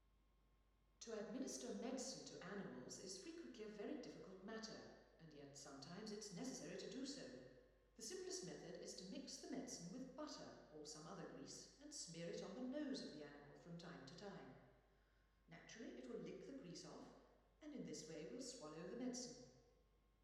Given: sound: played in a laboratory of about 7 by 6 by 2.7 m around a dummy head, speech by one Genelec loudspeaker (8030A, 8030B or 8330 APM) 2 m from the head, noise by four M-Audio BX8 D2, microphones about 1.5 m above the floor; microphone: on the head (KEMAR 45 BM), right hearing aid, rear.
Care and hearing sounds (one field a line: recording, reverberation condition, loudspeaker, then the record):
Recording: female speech in English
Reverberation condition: high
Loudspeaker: 150 degrees to the right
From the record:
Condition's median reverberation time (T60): about 1300 ms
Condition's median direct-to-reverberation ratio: about -4.0 dB